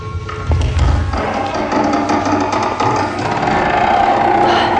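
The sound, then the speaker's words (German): A rusty metal handle on a cellar door is slowly pressed down, clicking with a low thud, then the door swings open with a long, grinding creak and scraping wood that carries on for several seconds at steady loudness. “Er blieb vor der Tür stehen und drückte langsam die rostige Klinke herunter.”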